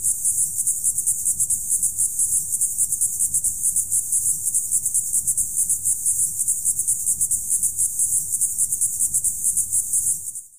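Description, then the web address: Insects chirring steadily in a shrill, evenly pulsing high chorus that carries on without a break until it cuts off at the end. Summer evening. "suono di una serata estiva insetti forte tuono"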